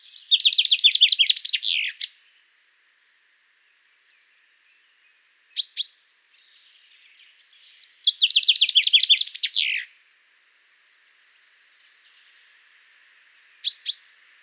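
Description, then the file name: Common chaffinch singing two phrases about eight seconds apart, each a rapid cascade of sharp notes ending in a flourish, with brief double chip notes after each. "Fringilla coelebs"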